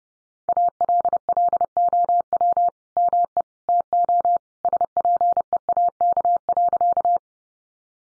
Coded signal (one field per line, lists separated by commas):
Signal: Morse code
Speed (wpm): 30 wpm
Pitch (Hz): 700 Hz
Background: none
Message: ALLOW ME TO SPEAK.